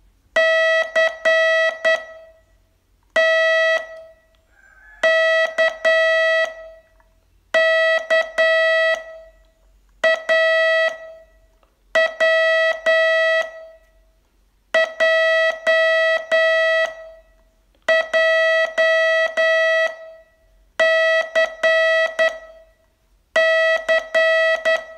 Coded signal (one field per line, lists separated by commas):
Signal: Morse code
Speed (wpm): 10 wpm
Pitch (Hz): 650 Hz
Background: none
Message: C T K K A W J J C C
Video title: Learn Morse in 42 Days from VU2LAU - day 23